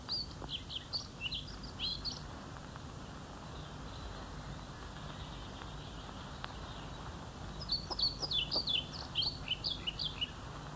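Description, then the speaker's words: European Pied Flycatcher song: two phrases of quick, high, thin notes, one at the start and one after a long pause. Male sings a simple song only until a female arrives, then falls silent; the song serves only to attract a female, meaning an unmated male holding a nest site. "Eine wieder ganz andere Bedeutung hat der Gesang beim Trauerfliegenschnäpper."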